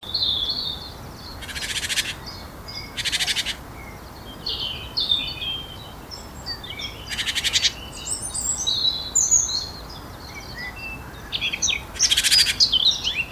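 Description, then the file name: Great tit harsh churring calls: short buzzy rasps given four times at irregular gaps, with thin chirps and whistles from other birds throughout. "Parus major"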